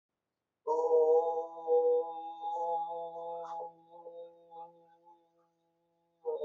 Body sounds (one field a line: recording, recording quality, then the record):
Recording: sustained vowel as in boot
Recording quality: excellent, no background noise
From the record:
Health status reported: healthy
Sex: male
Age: 30 years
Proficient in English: yes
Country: India